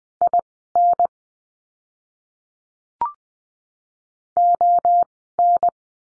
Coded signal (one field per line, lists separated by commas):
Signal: Morse code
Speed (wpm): 20 wpm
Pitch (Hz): 700 Hz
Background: none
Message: IN ON